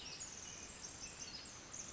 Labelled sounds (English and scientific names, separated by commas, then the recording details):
Pacific Wren (Troglodytes pacificus)
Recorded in Sonoma County, California